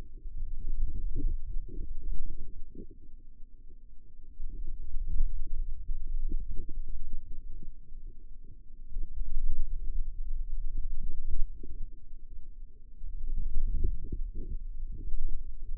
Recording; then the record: forearm muscle sounds (acoustic myography)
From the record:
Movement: radial deviation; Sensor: system 2, bracelet of six BSWA MPA416 microphones around the upper forearm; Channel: 3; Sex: female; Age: 22 years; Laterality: right